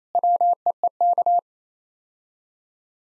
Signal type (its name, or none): Morse code